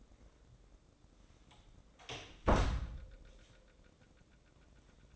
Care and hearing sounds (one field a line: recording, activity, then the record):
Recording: daily activity, microphone in the room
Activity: close door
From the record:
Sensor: 3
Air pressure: 1012.3 hPa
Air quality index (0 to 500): 184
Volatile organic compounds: 3 ppm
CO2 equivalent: 1404 ppm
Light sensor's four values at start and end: 447/1107/454/458 and 454/1127/463/466